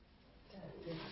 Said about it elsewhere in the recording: All that noise is coming from my stomach. Enchiladas are having some fun in my stomach.